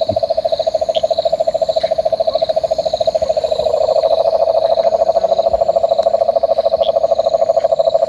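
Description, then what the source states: Cane toad giving a long, steady, low purring trill of rapid even pulses that runs the whole time, with faint insect chirps above. Cane toads calling around a water body while the group searches for frogs.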